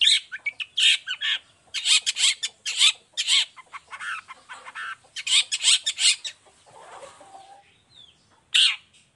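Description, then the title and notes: Long-tailed shrike singing a fast, scratchy jumble of harsh notes and chatter in dense bursts, with a short pause before a last harsh note. Gacor cendet (long-tailed shrike) singing in the morning in the 'toet toet' style with varied notes and a clear voice, offered for other cendet to imitate. "Cendet Gacor Dor Di Kala Pagi Toet Toet Variasi Suara. Cendet Gacor Suara Jernih Full Variasi Sangat Mudah Di Tiru Cendet Jenis Apapun. Burung cendet"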